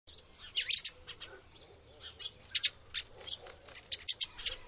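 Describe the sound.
Bird giving scattered short, high chirps and squeaky notes at uneven intervals over faint low background noise.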